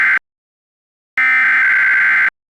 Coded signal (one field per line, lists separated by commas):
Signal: Emergency Alert System (SAME) tones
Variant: header bursts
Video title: EAS & TWC simulacion - Eeh... es 2010, por que no está tom? (Con DECTALK paul)